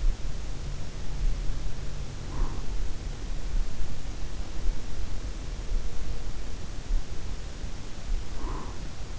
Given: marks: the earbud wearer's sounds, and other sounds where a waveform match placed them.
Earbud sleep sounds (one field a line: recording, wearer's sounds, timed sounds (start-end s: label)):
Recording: sounds in sleep by an in-ear microphone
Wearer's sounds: breath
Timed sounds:
1.13-2.91 s: breath
6.85-9.18 s: breath